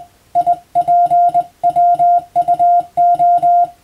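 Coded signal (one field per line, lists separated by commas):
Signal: Morse code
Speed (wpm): 21 wpm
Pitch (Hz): 700 Hz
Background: music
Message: IPWUO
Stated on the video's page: Morse practice recorded on the amateur bands by a first-class radiotelegraph operator, aimed at Japan's Morse exam.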